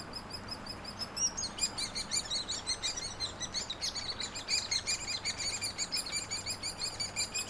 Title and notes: Hairy Woodpeckers, nestlings and adults no name trail across from Frazer Point Schoodic division, Acadia National Park